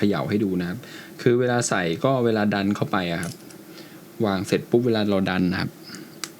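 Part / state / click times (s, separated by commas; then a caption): driver bit into mini ratchet set holder / seated / 6.2 s. Someone talks while pushing a driver bit into its slot on the holder of a mini ratchet set from Vessel and E-Value. A single sharp click at 6.2 s marks the bit locking in place, so it won't come off easily, followed by a faint, softer trailing sound.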